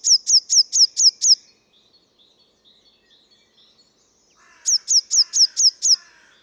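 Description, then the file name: Eurasian blue tit calling in fast bursts of high, thin downward-sweeping notes, six or so each, separated by a quiet gap with soft faint chips. "Cyanistes caeruleus"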